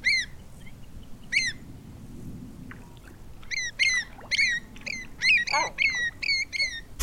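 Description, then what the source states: Great Black-backed Gull calls: a series of clipped, downslurred yelping notes, sparse at first, then quickening into a rhythmic run. Described as a classic sea-gull voice; played as the sign-off.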